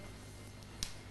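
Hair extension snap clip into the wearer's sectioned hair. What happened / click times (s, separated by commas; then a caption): The small metal clip snapped shut / 0.8 s. The metal snap clip of a 12-inch hair extension piece is slid into sectioned hair and pressed closed. A faint tick at 0.6 s is followed by a sharp, bright snap at 0.8 s over a steady low background hum, and the clip is in and secure.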